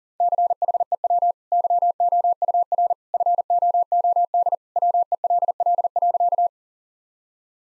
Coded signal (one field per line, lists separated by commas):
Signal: Morse code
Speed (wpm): 37 wpm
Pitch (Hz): 700 Hz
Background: none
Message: CHEW YOUR FOOD WELL.